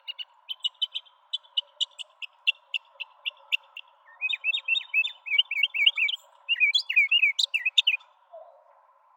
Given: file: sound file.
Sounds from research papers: Bird B. Mockingbird song material analyzed in this exploratory analysis is from five individual birds.

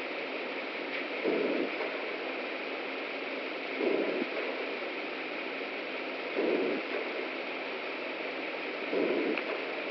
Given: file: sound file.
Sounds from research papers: Recording of breath sounds from a sensor located over the right mid-lung region of a representative animal with oleic acid-induced acute lung injury during mechanical ventilation with 10 cmH2O PEEP.

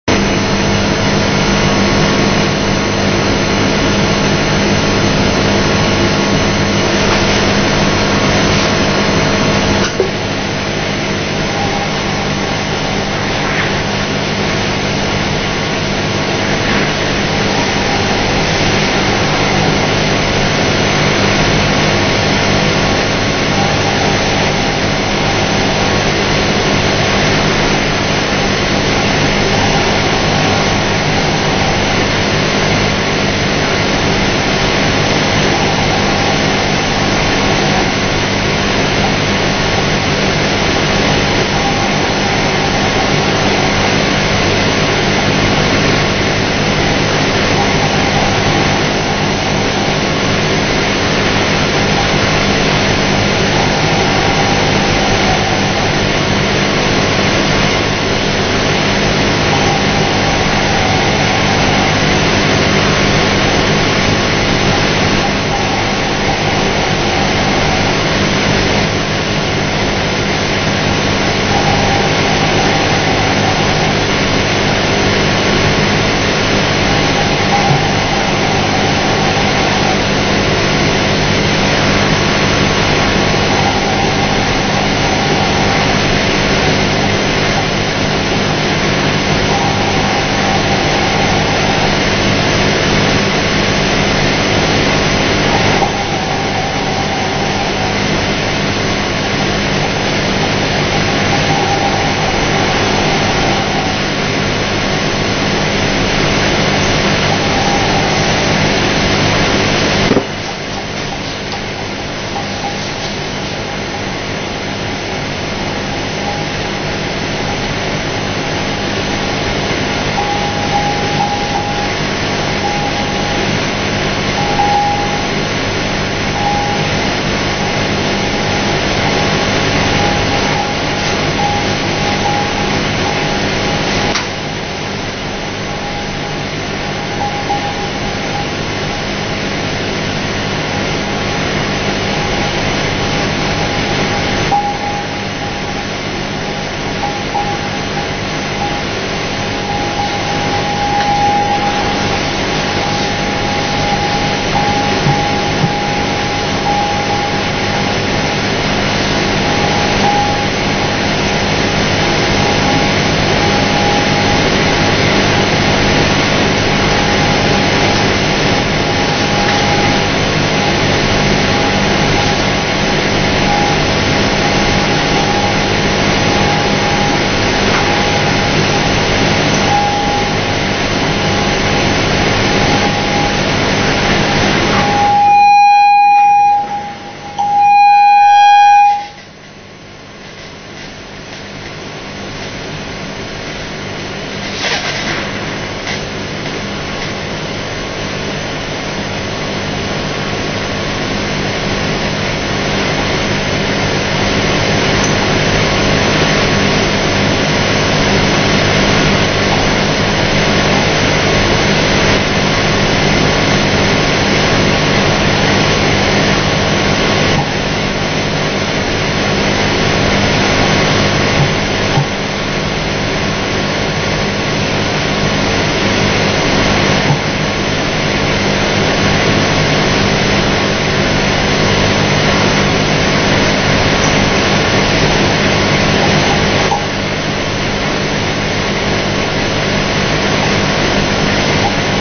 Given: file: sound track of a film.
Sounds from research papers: Real time mouse cough detection process.

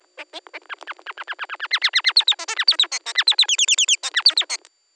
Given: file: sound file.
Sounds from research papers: An example of song of a Bengalese finch recorded prior to left devocalization. The song syllables contain a mixture of higher and lower frequencies.

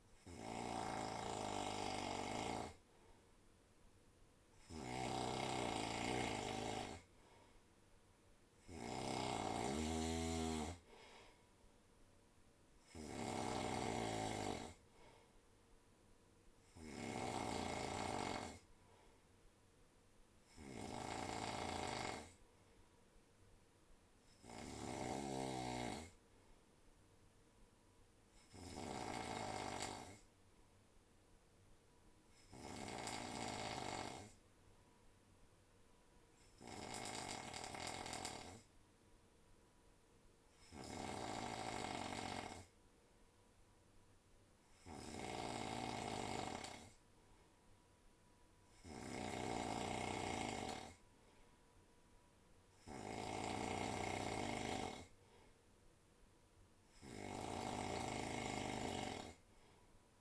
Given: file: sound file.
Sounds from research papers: Snoring epoch consisting of snoring events with relatively medium (40–70 dBA; based on the population and recording setting in the present study) intensity and the most common frequency distribution (high power in relatively low frequency components; reference snoring epoch)

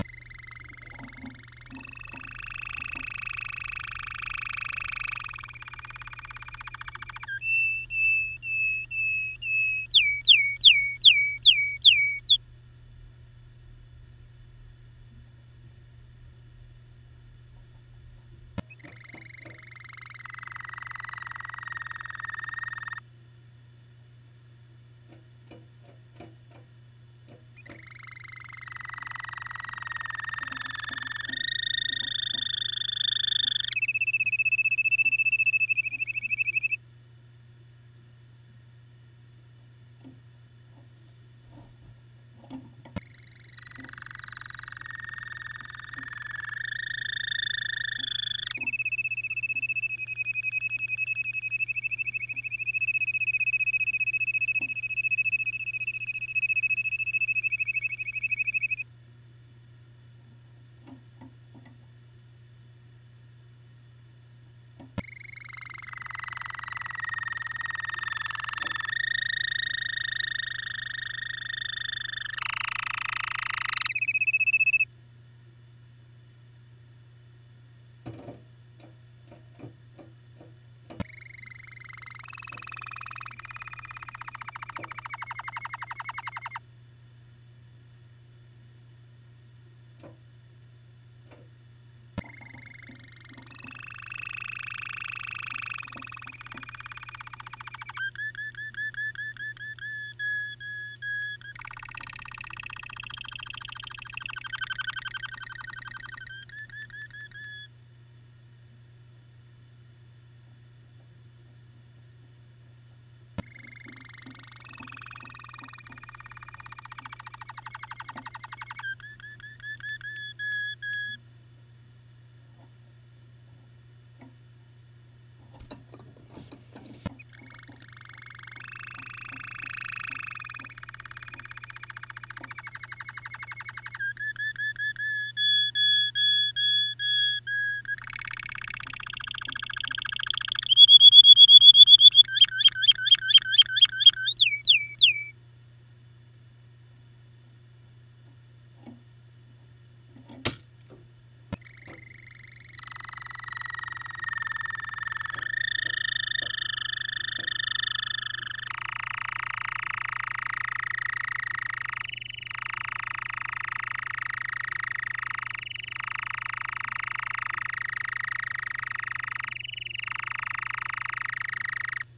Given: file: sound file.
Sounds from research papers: Sample series of song bouts from a single canary.

